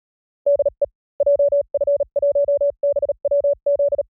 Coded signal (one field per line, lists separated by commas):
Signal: Morse code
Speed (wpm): 37 wpm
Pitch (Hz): 570 Hz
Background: none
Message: DE JF1BWZ